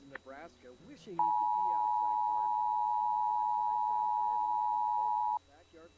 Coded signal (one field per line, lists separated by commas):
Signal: Emergency Alert System (SAME) tones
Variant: 853 and 960 Hz attention tone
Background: speech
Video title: Nebraska State Emergency Alert System Tests - December 18, 2018